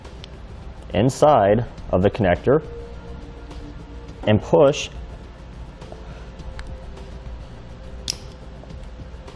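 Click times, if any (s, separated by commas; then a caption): 8.1 s. Someone talks while the positive (orange) winch power cable terminal is slid into the plastic quick-connect plug housing of a Bulldog winch quick-connect set for powersports with dust cover. The terminal is pushed until a sharp click sounds at 8.1 s, showing it is seated and secure.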